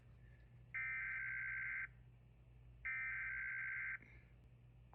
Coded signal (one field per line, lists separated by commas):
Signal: Emergency Alert System (SAME) tones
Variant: header bursts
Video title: Law Enforcement Warnings for A Missing Woman that has been found safely! (EAS #68 & #69)